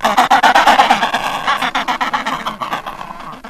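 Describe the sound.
Adelie penguin producing a coarse, throbbing bray of fast repeated pulses that gradually weakens toward the end.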